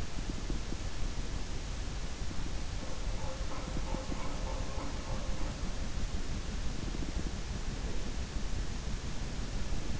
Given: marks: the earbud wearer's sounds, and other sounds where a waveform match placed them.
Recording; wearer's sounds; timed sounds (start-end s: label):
sounds in sleep by an in-ear microphone; teeth grinding
0.00-0.97 s: teeth grinding
2.75-5.66 s: sound from someone else or the room